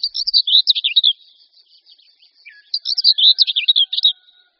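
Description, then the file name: Common whitethroat song: two short, scratchy, chattering warbles about three seconds apart, with a few faint soft notes in the gap between them. "Pěnice-hnědokřídlá"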